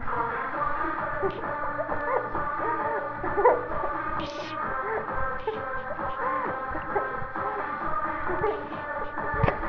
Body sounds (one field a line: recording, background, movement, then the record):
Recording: laughter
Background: music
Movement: sitting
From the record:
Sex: female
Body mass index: 18.8 kg/m2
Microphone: on the chest, facing the body